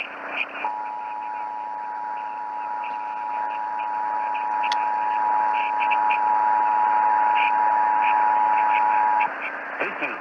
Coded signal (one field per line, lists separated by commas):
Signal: Emergency Alert System (SAME) tones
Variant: 853 and 960 Hz attention tone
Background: speech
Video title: MORE TESTS FROM DIFFERENT AREAS... EAS Tests from 4/5/2021-4/28/2021 (EAS #502-534)